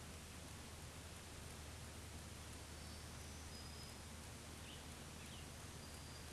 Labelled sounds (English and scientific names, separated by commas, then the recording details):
Black-throated Green Warbler (Setophaga virens) song
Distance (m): 55 m
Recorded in a Pennsylvania forest on 1 June 2023 at 09:01
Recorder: AudioMoth, point grid3_35_high
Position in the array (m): 221 m, 160 m